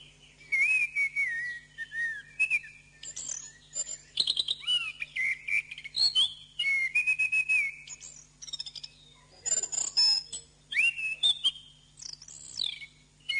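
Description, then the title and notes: Bird song, a lively run of varied whistled phrases, slurred notes and rapid trills, mostly high-pitched, with a steady low hum throughout. Masteran birdsong training recording. "MASTERAN BURUNG. suarane manok"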